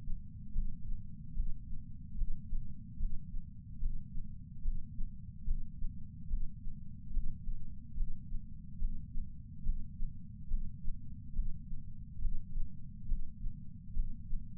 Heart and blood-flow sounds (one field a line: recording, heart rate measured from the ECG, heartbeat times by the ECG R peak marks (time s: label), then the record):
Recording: heart sounds by patch sensor on the chest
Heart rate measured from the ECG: 72 bpm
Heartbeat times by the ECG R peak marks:
0.51 s: heartbeat
1.33 s: heartbeat
2.14 s: heartbeat
2.96 s: heartbeat
3.78 s: heartbeat
4.61 s: heartbeat
5.44 s: heartbeat
6.27 s: heartbeat
7.10 s: heartbeat
7.93 s: heartbeat
8.77 s: heartbeat
9.62 s: heartbeat
10.47 s: heartbeat
11.32 s: heartbeat
12.18 s: heartbeat
13.05 s: heartbeat
13.92 s: heartbeat
From the record:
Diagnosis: coronary artery disease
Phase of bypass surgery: intraoperative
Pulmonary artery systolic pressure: 16 mmHg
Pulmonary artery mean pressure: 11 mmHg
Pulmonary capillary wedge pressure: 10 mmHg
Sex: female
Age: 58 years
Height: 155 cm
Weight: 55 kg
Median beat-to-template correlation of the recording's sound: 0.75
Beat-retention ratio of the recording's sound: 0.98